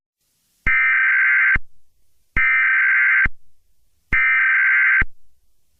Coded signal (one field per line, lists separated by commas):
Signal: Emergency Alert System (SAME) tones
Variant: header bursts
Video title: hallelujah, finally the second teaser of the eas scenario 😭🙏